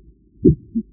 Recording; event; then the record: neck accelerometer signal played as sound; voluntary cough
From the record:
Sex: male